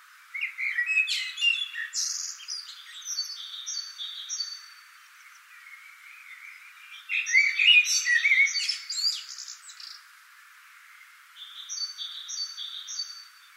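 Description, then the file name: Common blackbird singing low fluty warbled phrases ending in high squeaky twitters, two phrases about six seconds apart, while another bird repeats short high paired notes between them. "Turdus merula"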